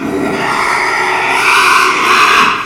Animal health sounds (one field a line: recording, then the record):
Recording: squeal of a Yucatan mini pig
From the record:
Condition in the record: after surgery on the right vocal fold (resection and tissue-engineered implant)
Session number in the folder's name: 1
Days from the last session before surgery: 6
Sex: male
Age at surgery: 12 weeks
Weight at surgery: 13 kg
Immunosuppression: cyclosporine, prednisolone